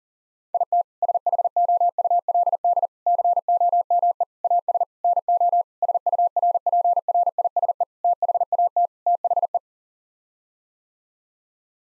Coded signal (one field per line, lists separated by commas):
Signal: Morse code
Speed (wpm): 40 wpm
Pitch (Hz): 700 Hz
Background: none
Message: IT SHOULD COME AS NO SURPRISE THAT THE